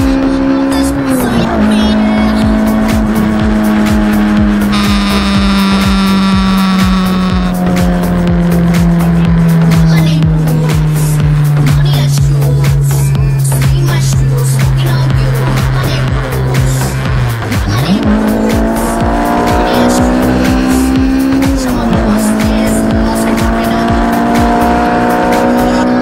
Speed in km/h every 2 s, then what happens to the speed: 175, 176, 164, 149, 135, 122, 114, 106, 107, 115, 132, 142, 154.
3-14 brakes to 106. 14-26 speeds up to 154.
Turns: none.